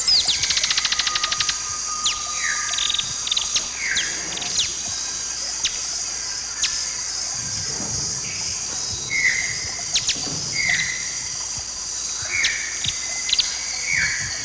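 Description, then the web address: Fiery topaz calls: a fast rattle of high ticks at the start, then scattered sharp chips and repeated downslurred whistles against a constant high insect hum. Calls given while feeding and chasing; eastern lowlands of South America. "ENTER Music and Audio. Nature Songs S America Eastern Lowlands. Topaza pyra, feeding and chase calls"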